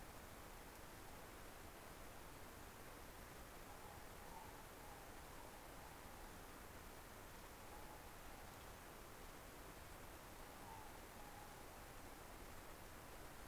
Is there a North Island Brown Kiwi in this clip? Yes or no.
no